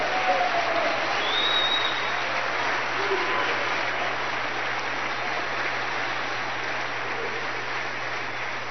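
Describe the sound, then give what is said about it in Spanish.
A church audience applauds to the Lord during a sermon, a dense, continuous wash of many hands clapping steadily at an even loudness for several seconds, with faint voices mixed into the noise. “¿Quiere, puede aplaudirlo?”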